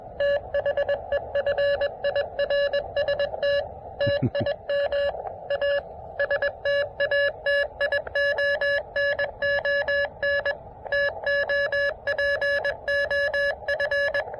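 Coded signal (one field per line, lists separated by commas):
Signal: Morse code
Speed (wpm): 23 wpm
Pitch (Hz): 590 Hz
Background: none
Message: THE FIRST TIM A STATION ON TOP OF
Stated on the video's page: QRP portable activation of a state park, short and quick, in the evening.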